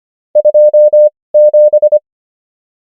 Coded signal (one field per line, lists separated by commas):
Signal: Morse code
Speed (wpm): 25 wpm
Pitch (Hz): 600 Hz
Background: none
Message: 27